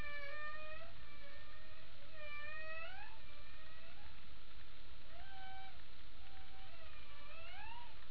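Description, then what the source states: Humpback whale song: repeated tonal phrases, each rising at the end into a short upturned moan, several in sequence over a continuous low background noise. Passive acoustic recording (HARP), 28 April 2009 at 22:31.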